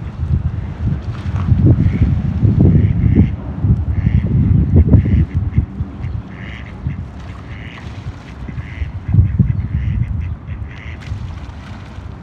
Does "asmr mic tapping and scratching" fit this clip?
no